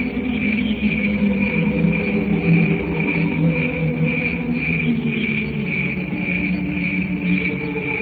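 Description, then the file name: Cricket song, a steady pulsing high trill throbbing without pause, over a low droning hum and some faint lower tones. "canto grilli"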